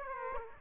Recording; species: mosquito wingbeat signal from an infrared sensor; Aedes aegypti